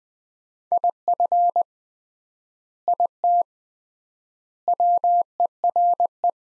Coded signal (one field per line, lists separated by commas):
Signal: Morse code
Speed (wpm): 20 wpm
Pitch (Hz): 700 Hz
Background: none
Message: IF IT WERE